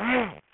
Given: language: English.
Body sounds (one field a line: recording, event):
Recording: throat vibration sensor signal played as sound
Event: throat clearing